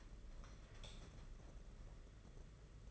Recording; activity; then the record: daily activity, microphone in the room; light off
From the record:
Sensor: 4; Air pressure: 992.7 hPa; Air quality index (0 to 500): 168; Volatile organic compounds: 242 ppm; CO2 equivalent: 4338 ppm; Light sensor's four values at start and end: 6/15/6/6 and 4/8/3/3